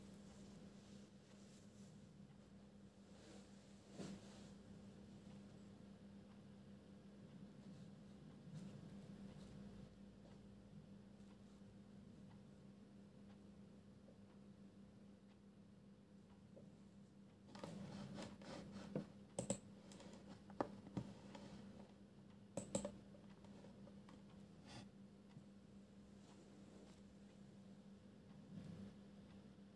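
Pencil scribbling rubs steadily over a low constant hum, growing busier after seventeen seconds with sharp taps and scratches near nineteen and twenty-three seconds.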